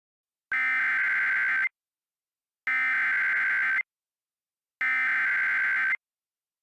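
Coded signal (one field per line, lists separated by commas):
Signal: Emergency Alert System (SAME) tones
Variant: header bursts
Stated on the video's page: Fictional EAS scenario about a parasite outbreak and quarantine, not a real broadcast.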